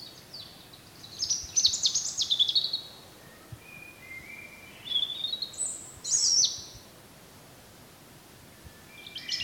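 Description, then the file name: European robin song: several short, high warbling phrases with thin whistles and quick trills, separated by pauses, against a steady noisy background. "Erithacus rubecula"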